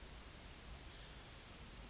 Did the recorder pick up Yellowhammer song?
no